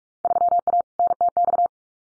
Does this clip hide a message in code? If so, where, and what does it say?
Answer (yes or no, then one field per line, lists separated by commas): yes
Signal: Morse code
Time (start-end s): 0.2-1.7 s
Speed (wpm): 46 wpm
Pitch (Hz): 700 Hz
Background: none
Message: 3A NTX